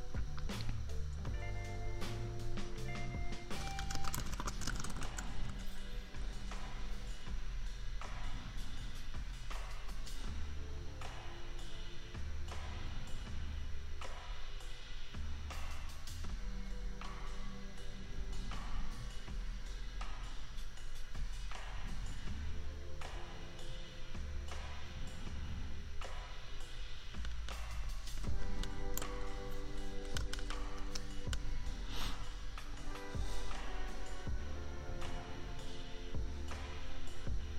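A lofi beat plays steadily for the whole stretch, with a deep, thumping bass line and mellow sustained chords shifting every few seconds. Crisp drum hits tick along at a regular pace, and the level stays even, lifting slightly just before the thirty-second mark.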